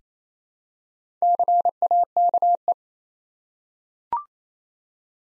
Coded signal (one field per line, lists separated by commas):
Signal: Morse code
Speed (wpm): 27 wpm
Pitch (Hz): 700 Hz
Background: none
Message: CAKE